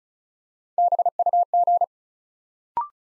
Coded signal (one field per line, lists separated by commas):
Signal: Morse code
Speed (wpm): 36 wpm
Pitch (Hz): 700 Hz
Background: none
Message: BUG